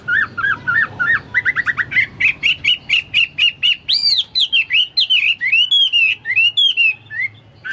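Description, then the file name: Chinese hwamei singing a loud whistled song, short repeated notes speeding into rapid bursts, then sweeping, rising and falling slurred phrases. "omkicau hwamei"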